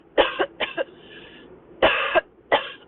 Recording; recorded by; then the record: voluntary cough; messaging app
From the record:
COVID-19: negative